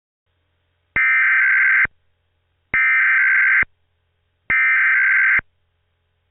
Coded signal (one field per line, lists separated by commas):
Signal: Emergency Alert System (SAME) tones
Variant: header bursts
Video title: EAS Scenario: Rouge.EXE - A Halloween Special